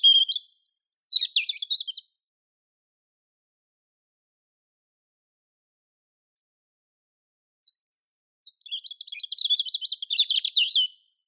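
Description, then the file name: European robin song: a brief warbling phrase with a high thin whistle, a long silent pause, then a fast, rattling trilled phrase. "Erithacus rubecula"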